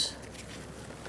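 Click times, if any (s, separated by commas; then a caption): none. A headlight harness connector is being handled at the headlight assembly of a 2014–2019 Kia Soul 1.6L L4, but it has not yet been plugged in until its plastic latch clicks. There is a brief hiss at the start, then low, quiet handling noise. Nothing has seated or clicked yet.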